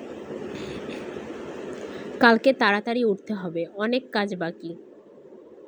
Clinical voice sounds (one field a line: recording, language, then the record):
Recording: elicited speech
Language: Bengali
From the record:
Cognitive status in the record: cognitively healthy